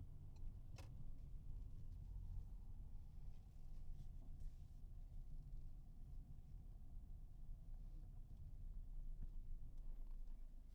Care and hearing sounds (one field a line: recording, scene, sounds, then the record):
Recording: everyday scene through a hearing-aid microphone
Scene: in a vehicle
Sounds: engine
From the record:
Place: Berlingo II, diesel engine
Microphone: behind the ear, right, front